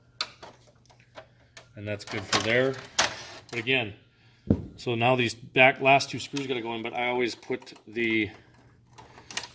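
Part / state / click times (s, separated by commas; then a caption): plastic toner cartridge actuator arm into the printer's top cover / seated / 9.3 s, 9.4 s. While reassembling the top cover of an HP LaserJet M602/M603 printer after removing the sound dampener to fix false 13.05 errors, someone talks and then refits the plastic toner cartridge actuator arm into the top cover before putting in the last two screws. Two sharp clicks at 9.3 s and 9.4 s mark the arm snapping back into place, fully seated.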